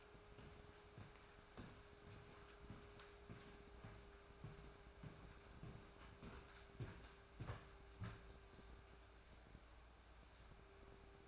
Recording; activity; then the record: daily activity, microphone in the room; walk to room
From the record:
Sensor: 2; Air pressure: 1010.2 hPa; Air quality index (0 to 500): 160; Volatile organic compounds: 7 ppm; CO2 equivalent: 2006 ppm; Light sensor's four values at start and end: 37/90/40/46 and 38/92/41/47